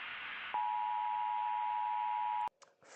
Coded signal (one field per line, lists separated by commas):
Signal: Emergency Alert System (SAME) tones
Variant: 853 and 960 Hz attention tone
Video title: EAS Scenario Reactions